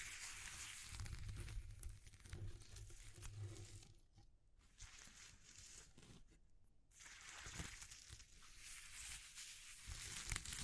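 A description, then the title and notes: A textured crackling and crushing sound, like material being crumpled, fills the first four seconds over a low rumbling thud. Around the middle it thins to sparse, quieter crackles, then dense, bright crinkling returns at about seven seconds and continues to the end. ASMR Exploring Textures (No Talking).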